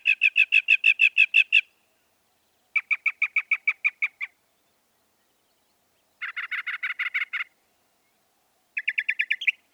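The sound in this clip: Northern mockingbird song in bursts of rapidly repeated notes, each phrase of several syllables then a pause before a new phrase type, four phrases in all.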